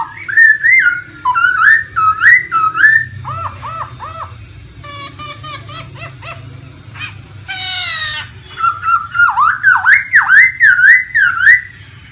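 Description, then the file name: Laughingthrush singing a long varied medley of looping whistles, quick chattering notes and a harsh rasp, over a steady low hum. Wild-voice song style ('giọng rừng'). "Tieng khuou hot giong rung"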